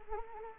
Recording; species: mosquito wingbeat signal from an infrared sensor; Anopheles arabiensis